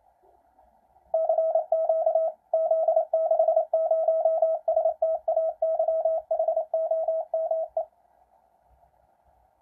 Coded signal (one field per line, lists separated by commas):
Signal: Morse code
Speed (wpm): 28 wpm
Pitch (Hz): 650 Hz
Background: radio noise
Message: CQ Z60STAYHOME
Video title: QCX transceiver kit from QRP-labs